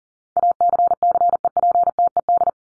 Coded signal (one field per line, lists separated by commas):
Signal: Morse code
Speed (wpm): 40 wpm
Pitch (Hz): 700 Hz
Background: none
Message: ACCEPTED